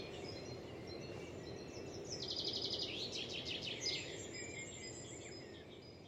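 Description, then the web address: Bird gives a quick, high trilled burst of chirps, with fainter scattered notes before and after, over a steady noisy background. "cianscape birddata Deverinetal 2025 File origin Bird Only"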